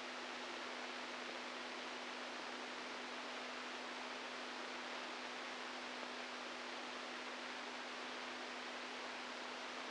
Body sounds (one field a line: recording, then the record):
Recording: brain microelectrode recording played as sound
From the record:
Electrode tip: outside the subthalamic nucleus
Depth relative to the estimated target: 2 mm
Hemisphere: right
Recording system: NeuroSet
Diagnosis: Parkinson's disease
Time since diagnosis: 10 years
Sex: male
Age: 65 years